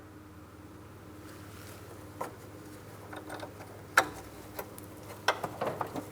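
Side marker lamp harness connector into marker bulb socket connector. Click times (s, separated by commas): 4.0 s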